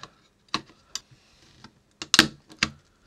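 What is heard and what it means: A plastic Killy clip CPU adapter is pressed down around the processor chip on a Mac Plus logic board during an accelerator install, and its two side clips are worked back and forth with a few small clicks along the way. A sharp, loud double snap at 2.1 s and 2.2 s marks the clip seating onto the CPU, a really tight fit.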